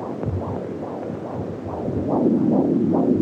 Foetal heartbeats as heard from region of umbilical cord 38 weeks.